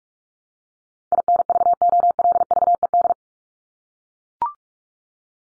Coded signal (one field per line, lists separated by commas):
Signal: Morse code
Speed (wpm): 44 wpm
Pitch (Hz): 700 Hz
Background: none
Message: INVOLVED